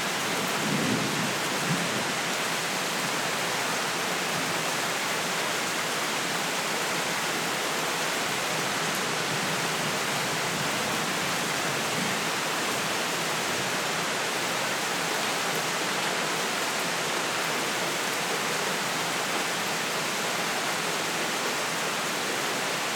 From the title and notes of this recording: Rain + Thunderstorm Sleep Sounds Meditation. The soothing sounds of a summer storm.